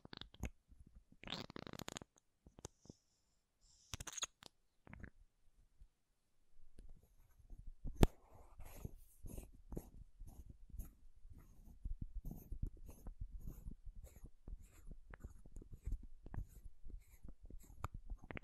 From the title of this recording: MAKEUP TAPPING & SCRATCHING